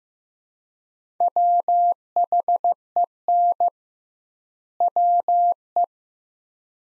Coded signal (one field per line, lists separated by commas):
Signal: Morse code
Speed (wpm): 15 wpm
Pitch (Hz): 700 Hz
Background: none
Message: WHEN WE